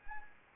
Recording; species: mosquito wingbeat signal from an infrared sensor; Anopheles gambiae